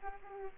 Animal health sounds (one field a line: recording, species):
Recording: mosquito wingbeat signal from an infrared sensor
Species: Aedes aegypti